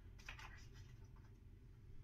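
During digitising of a Fleischmann ICE model train, a small plastic cover is handled and test-fitted against the locomotive's metal chassis frame. Soft scratchy handling and scraping sounds are heard over a steady low hum, with a brief sharp scrape near 0.3 seconds. Nothing has clicked or seated yet; the cover does snap onto the metal frame afterwards, so some parts will need to be cleared out of the way.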